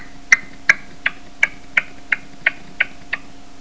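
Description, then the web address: Partridge calls, nine sharp clucking notes spaced about a third of a second apart, over a faint steady hum. Recorded in the municipality of Viveros. "municipios Viveros perdiz"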